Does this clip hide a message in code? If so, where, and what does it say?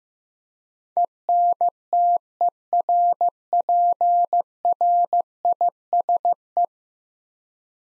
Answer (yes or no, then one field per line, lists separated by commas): yes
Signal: Morse code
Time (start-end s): 1.0-6.7 s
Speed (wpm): 15 wpm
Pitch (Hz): 700 Hz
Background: none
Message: ENTERPRISE